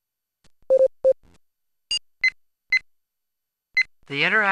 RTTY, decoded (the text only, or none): none